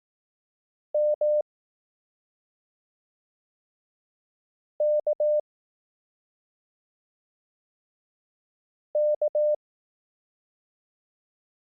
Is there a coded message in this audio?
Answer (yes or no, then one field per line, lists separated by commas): yes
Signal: Morse code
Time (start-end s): 0.9-9.5 s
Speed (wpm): 18 wpm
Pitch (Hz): 600 Hz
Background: none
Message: M K K